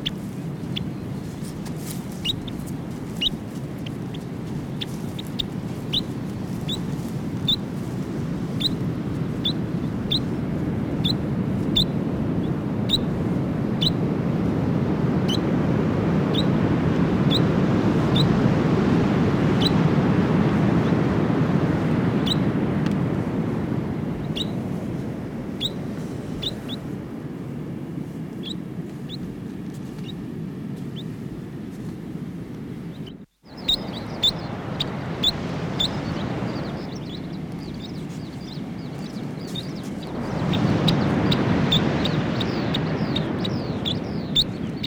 New Zealand dotterel/tūturiwhatu song.